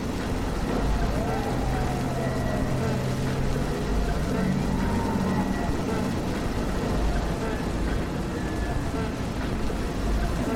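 Street traffic rumbles steadily, with heavy low engine noise from cars, trucks and buses filling the whole clip. Voices are faintly mixed in, and short rising and falling tones, possibly brakes or horns, pass through near the start and middle.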